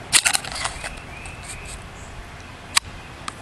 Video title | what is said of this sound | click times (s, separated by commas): My Thoughts Boker Plus Besh Wedge | Hear that click? It locks in very solid. | 2.8 s